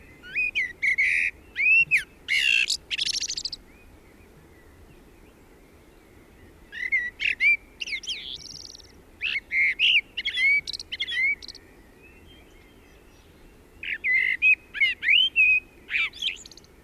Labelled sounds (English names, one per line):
Common Blackbird song